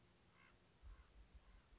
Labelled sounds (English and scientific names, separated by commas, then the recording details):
Common Raven (Corvus corax)
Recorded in Sonoma County, California